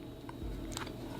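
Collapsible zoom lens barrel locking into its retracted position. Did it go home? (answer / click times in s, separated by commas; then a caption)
no / none. The plastic 15–45 mm collapsible kit lens of a Canon EOS M10 is turned back toward its retracted position after zooming, so it takes up less room. A few small ticks and light handling noises are heard over a low background hum. The lens has not locked into place yet and nothing has seated or clicked home.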